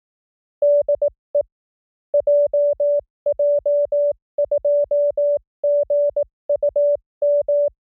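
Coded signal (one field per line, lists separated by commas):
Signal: Morse code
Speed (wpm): 18 wpm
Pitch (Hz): 580 Hz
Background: music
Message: DE JJ2GUM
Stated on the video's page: Morse training drill of random Japanese callsigns at speeds from 15 to 25 WPM, 300 calls, generated at a 44100 Hz sampling rate.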